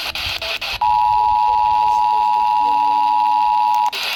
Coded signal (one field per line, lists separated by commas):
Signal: Emergency Alert System (SAME) tones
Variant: 853 and 960 Hz attention tone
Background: speech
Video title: PURE MAYHEM 9... | EAS Alerts from 6/30-7/1/25 | EAS#2,227-2,335